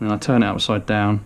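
While reassembling an SRS airsoft bolt-action rifle after cleaning and lubing, the gun is turned upside down to refit the piston/bolt assembly's front set pin into the receiver. Someone talks throughout, with no distinct mechanical sounds. Nothing has seated or clicked yet.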